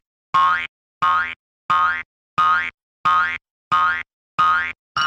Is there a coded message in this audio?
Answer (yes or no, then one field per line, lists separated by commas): no